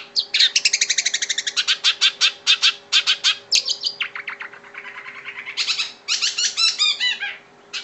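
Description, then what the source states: Long-tailed shrike song: fast strings of sharp repeated chips, then varied rattling and slurred phrases, the rhythm changing every second or so, over a faint steady hum. Combination song.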